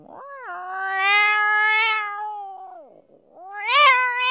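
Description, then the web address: Cat giving a long, steady drawn-out meow that slides down at the end, followed by a second rising meow. "animals cat"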